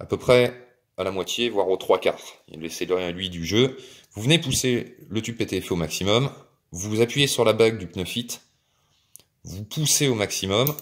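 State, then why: Seated. A pneumatic fitting with a PTFE tube seats into the cooling block (heatsink) of a 3D printer hotend as the tube is pushed fully in and the fitting's collar is pressed. Someone talks throughout, and a sharp click is heard at 9.2 s as the fitting's thread engages in the cooling block.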